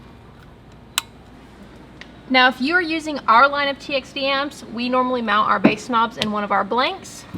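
A new 24-pin wiring harness plug is pushed into its mating connector, the same way as the 30-pin plug into the amp, during a subwoofer amplifier install in a JBL-equipped 2023+ Toyota Sequoia. A sharp, loud click at 1.0 s shows it snapping into place and seating, followed by a faint tick at 2.0 s. Someone then talks.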